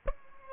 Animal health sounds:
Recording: mosquito wingbeat signal from an infrared sensor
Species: Aedes albopictus

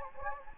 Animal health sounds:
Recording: mosquito wingbeat signal from an infrared sensor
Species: Anopheles gambiae

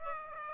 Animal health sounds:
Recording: mosquito wingbeat signal from an infrared sensor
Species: Aedes aegypti

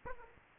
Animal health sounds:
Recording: mosquito wingbeat signal from an infrared sensor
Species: Aedes aegypti

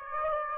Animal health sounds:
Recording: mosquito wingbeat signal from an infrared sensor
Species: Aedes aegypti

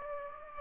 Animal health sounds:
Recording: mosquito wingbeat signal from an infrared sensor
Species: Aedes aegypti

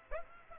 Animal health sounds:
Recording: mosquito wingbeat signal from an infrared sensor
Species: Aedes aegypti

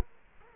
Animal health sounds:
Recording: mosquito wingbeat signal from an infrared sensor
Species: Culex quinquefasciatus

